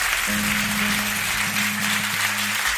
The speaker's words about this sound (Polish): Brawa, brawa na niego.